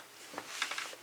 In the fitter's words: until you hear a firm snap